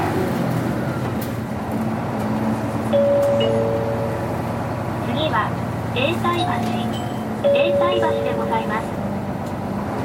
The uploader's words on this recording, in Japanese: 都バス エンジン音 誰かの着メロ。